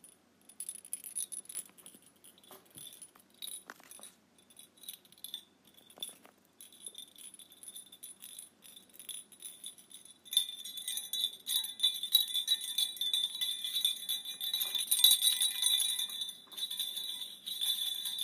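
A tiny bell jingles in quick, irregular shakes. It is light and sparse at first, with a few soft knocks, then from about ten seconds in it rings louder and more continuously, a bright, high shimmer.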